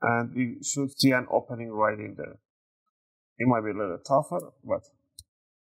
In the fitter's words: you want to hear a click sound that's what you want to hear